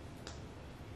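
A snap button on the waistband of a child's jeans is pressed shut and gives a short, sharp click at 0.3 s over a steady, low background hum. The snap is fastened and seated.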